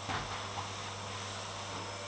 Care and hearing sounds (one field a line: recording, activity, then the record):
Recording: daily activity, microphone in the room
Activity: vacuum cleaning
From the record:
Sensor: 3